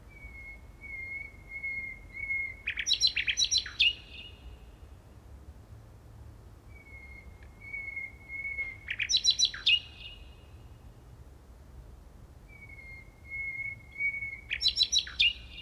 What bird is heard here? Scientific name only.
Luscinia megarhynchos